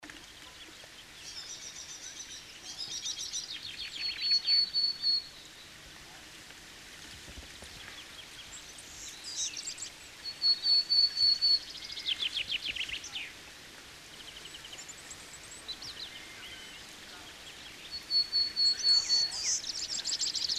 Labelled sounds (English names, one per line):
Willow Tit song